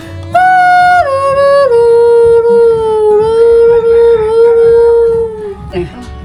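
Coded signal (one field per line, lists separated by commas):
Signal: whistled language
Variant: Kongthong jingrwai iawbei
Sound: a hummed, howl-like tune that steps down twice, then holds a long falling note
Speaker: Your name is very beautiful and it sounded very nice.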